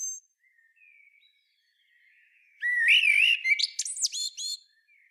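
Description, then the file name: Common blackbird song: faint thin notes first, then a rich fluty warble leading into a string of shrill, squeaky high twitters. "Turdus merula"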